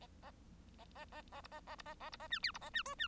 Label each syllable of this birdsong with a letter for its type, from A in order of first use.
A A A A B A A B A A B A C D B A C E C